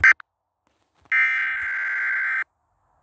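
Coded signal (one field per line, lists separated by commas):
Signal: Emergency Alert System (SAME) tones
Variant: header bursts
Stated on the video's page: Fictional EAS about a killer named Dennis.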